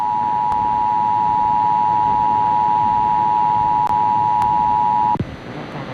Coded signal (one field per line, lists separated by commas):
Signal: Emergency Alert System (SAME) tones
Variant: 853 and 960 Hz attention tone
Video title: Louisville KY - 2007 - WLKY 32 Emergency Alert System Broadcast Test